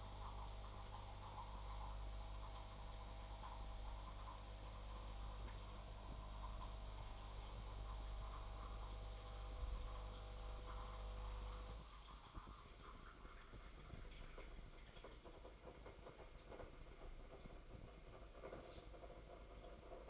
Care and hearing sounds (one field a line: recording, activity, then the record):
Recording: daily activity, microphone in the room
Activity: make coffee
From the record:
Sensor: 5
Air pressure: 994.6 hPa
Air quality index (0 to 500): 180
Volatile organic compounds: 988 ppm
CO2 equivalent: 5270 ppm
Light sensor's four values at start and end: 43/133/52/56 and 43/133/52/57